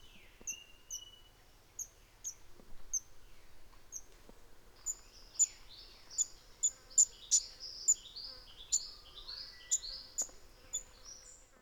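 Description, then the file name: Pale-yellow robin calls: sharp, high chipping notes repeated, quickening midway, with a thin drawn whistle early and several downslurred notes later, over faint low hum. Subspecies nana. "Eopsaltria Capito Nana"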